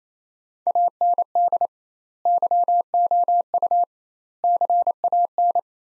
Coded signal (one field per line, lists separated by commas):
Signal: Morse code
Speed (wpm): 28 wpm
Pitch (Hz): 700 Hz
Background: none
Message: AND YOU CAN